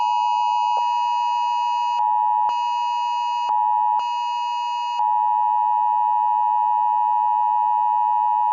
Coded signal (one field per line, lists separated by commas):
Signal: Emergency Alert System (SAME) tones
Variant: 853 and 960 Hz attention tone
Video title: EAS scenario: alligator attacks